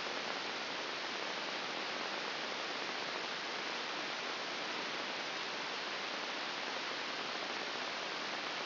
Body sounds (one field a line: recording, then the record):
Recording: brain microelectrode recording played as sound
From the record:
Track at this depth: inside the subthalamic nucleus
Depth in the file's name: 3.898 mm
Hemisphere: left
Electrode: 2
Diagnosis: Parkinson's disease